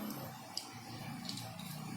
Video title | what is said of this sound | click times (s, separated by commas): PAANO MAG EMERGENCY BACK UP KUNG MAUBUSAN NG GASOL | pag nakaikot mo ng nakaganyan mga loads So pwede na o naka-lock na | 0.6 s